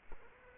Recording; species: mosquito wingbeat signal from an infrared sensor; Culex quinquefasciatus